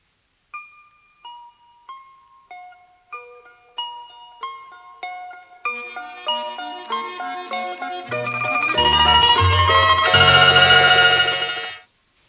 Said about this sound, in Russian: Колокола.